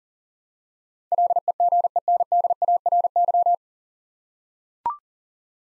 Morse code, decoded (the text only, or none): LEGENDARY